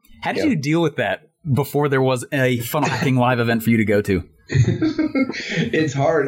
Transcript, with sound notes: How'd you deal with that before there was a Funnel Hacking live event for you to go to?
(laughing) It's hard...